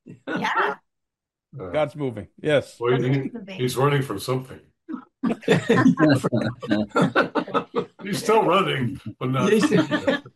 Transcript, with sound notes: Yeah.
God's moving. Yes.
Or he's running from something. (laughs) He's still running, but not-